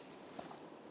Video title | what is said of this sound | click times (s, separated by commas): How to Replace Downstream O2 Sensor 2000-2006 Toyota Tundra | Line it up, push on, you're going to feel it and hear it click into place. | 0.4 s